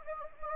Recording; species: mosquito wingbeat signal from an infrared sensor; Anopheles gambiae